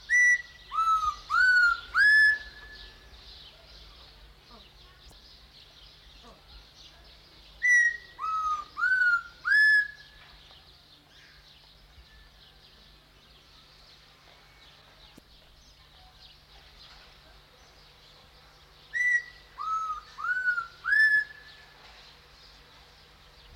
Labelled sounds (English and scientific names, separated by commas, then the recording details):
Spotted Laughingthrush (Garrulax ocellatus)
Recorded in captivity
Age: adult
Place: Zoo Halle, Sachsen-Anhalt, DE
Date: 1993-04-24
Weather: heiter, 16-24 °C
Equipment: Sony WM-D6C, Sony ECM-939 LT, Kopie Uher Variocord 263
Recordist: Tembrock, Günter
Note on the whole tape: Wiederholt charakteristische Lautfolge (2 m)